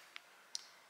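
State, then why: Seated. A hoop earring clasp is closed by hand into its catch, giving two short, sharp clicks at 0.2 s and 0.6 s, the second louder and brighter. The clasp clicks shut and the earring is secure.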